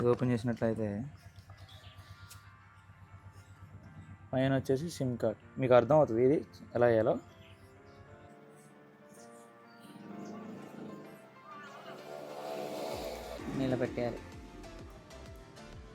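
A SIM card is lined up at the SIM slot of a Trueview solar CCTV camera with its cover open, oriented and held ready before insertion. Someone talks throughout, with music in the background and a few faint handling sounds. Nothing has seated or clicked yet.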